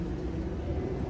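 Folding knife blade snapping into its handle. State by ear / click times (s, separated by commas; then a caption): not seated / none. A hobo folding knife is handled as its blade is about to be snapped into its handle again, under a steady low rumble with no sharp transients. Nothing has seated or clicked yet; the clip ends just before the blade goes home.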